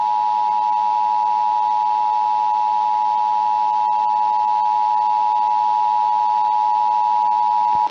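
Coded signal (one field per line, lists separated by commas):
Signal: Emergency Alert System (SAME) tones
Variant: 853 and 960 Hz attention tone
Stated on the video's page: Emergency Alert System Required Weekly and Required Monthly Tests from August 2020.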